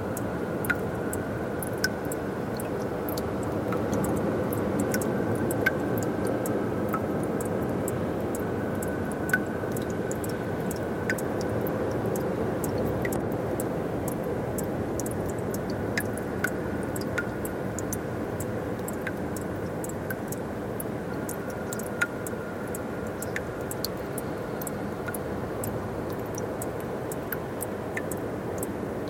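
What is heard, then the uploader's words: A steady, dense wind roar from a shoreline field recording fills the low and middle range for the whole half minute, filtered and washed with reverb. Sharp clicks and tiny glitches pop in irregularly throughout, with a faint thin tone drifting near the top. An original field recording made on the shore with wind shear & various glitches incorporated, modified using filters, a touch of delay & reverb.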